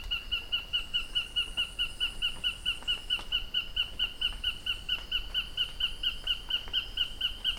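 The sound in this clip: Tacarcuna tapaculo: a long, steady series of short, sharp notes.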